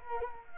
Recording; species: mosquito wingbeat signal from an infrared sensor; Culex quinquefasciatus